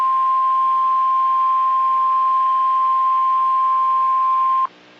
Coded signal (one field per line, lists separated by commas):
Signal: Emergency Alert System (SAME) tones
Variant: 1050 Hz attention tone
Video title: EAS - PDS Severe thunderstorm warning for North-central Texas (Significant tornadoes possible!!)